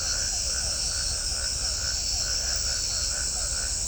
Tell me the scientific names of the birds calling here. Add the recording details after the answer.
none. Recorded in shrubland near Pivijay, Magdalena, Colombia, on 4 June 2023 at 22:00. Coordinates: 10.453, -74.365. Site P5-G022